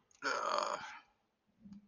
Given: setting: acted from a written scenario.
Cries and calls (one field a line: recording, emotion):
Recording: vocal sound without words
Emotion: shame